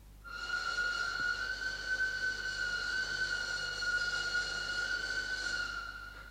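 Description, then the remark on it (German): A steam train of the English Railway Company, driven by an English engine driver and fired with English naphtha, speeds past plantation fields through British India. It runs with a steady, high metallic whine held for several seconds over a low, continuous rumble, fairly loud and without voices. “unter Zug der englischen Railway Company, gefahren von einem englischen Lokomotivführer und geheizt mit englischem Naphtha, begab sich in eiliger Fahrt an den Feldern der englischen Plantagenbesitzer vorbei durch das englische Indien.”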